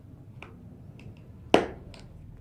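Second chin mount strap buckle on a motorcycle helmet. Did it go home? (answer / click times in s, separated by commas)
yes / 1.5 s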